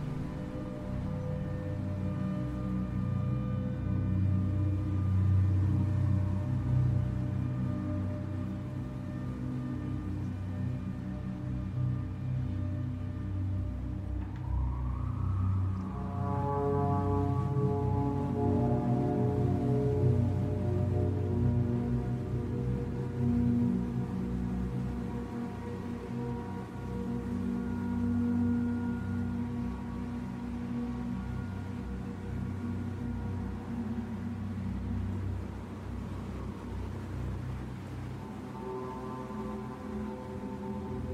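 Ambient backing music of sustained, layered drone tones over a deep, steady rumble. Around fifteen seconds a tone slides upward and the chord shifts to brighter held notes, which thin out near the end. The level stays even throughout.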